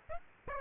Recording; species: mosquito wingbeat signal from an infrared sensor; Aedes aegypti